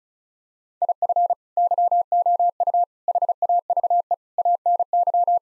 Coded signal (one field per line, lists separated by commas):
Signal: Morse code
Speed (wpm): 36 wpm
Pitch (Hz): 700 Hz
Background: none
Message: IF YOU HAVE ANY